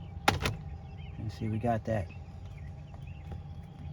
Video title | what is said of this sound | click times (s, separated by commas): 99-07 Chevy Silverado GMC Truck and SUV Turn Signal Switch Replacement | we can snap it together | 0.3 s